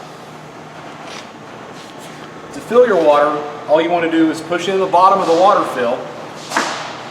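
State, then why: Released. Someone talks while pushing in the bottom of the plastic push-to-open water fill door on the outside of a teardrop trailer. The door clicks and opens at 6.6 seconds so a hose can go in.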